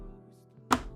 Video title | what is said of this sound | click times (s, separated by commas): How to Build a Water Cooled PC – Giveaways + $6500 Build in the MasterFrame 700 (11900 K / RTX 3080) | did you hear that though? Yeah, that's the sound you want. Did you hear that click? | 0.7 s